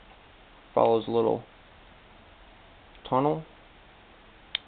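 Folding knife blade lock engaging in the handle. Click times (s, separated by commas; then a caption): 4.6 s. Someone talks as the lock trigger on a CRKT BladeLock / Schrade SLW2 folding knife is pushed in, levering the lock bar out of its notch in the handle so it follows a small tunnel. At 4.6 s the bar snaps into the opposite notch with a loud, short metallic click, and the blade lock is seated.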